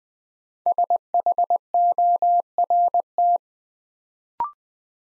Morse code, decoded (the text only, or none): SHORT